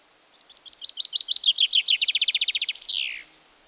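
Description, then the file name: Common chaffinch song: a quick series of bright chipping notes, closing with a sharp downward flourish, about three seconds long. "Fringilla coelebs"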